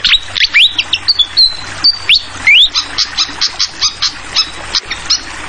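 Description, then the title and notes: Fantail song opening with clear whistled slurs, some rising sharply, followed by a fast even train of high chips, over flowing water. Tutoring (masteran) song for training songbirds, clear voice, mixed with the sound of flowing water. "Masteran Sikatan Kipas Suara Jernih Dan Suara Gemericik Air. Suara Burung Sikatan Londo"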